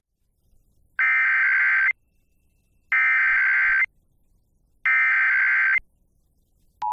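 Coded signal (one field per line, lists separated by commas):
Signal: Emergency Alert System (SAME) tones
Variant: header bursts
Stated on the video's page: Required Monthly Test originated from an AM station and relayed to all Iowa radio and TV stations.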